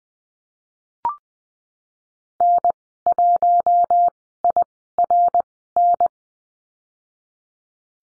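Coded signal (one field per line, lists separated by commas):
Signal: Morse code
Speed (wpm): 20 wpm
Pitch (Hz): 700 Hz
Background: none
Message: N1IRN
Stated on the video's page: Morse course lesson on letter H and call signs at Farnsworth speed 20/10 wpm.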